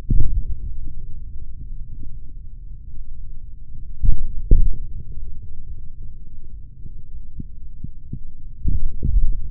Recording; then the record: forearm muscle sounds (acoustic myography)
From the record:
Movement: tripod grip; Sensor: system 3, bracelet of six PUI Audio POM-2738L microphones around the upper forearm, with dedicated amplification and filtering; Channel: 6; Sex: male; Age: 26 years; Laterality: right